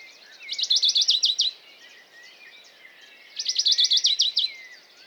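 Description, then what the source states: Western Bonelli's warbler singing two quick rattling trills about three seconds apart, a busy background of other birds chirping softly. Dawn chorus, 6 May 2020, Valmaravel, Drôme, France; unpaired male perched on a small pine, unusually fast courtship song rather than territorial song, unlike usual widely spaced strophes while feeding; Nagra Seven, MKH40.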